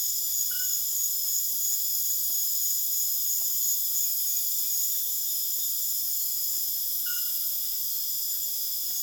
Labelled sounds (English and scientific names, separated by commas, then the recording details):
none
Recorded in dense forest near Puerto Asís, Putumayo, Colombia, on 29 June 2025 at 22:00
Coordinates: 0.484, -76.325
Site H65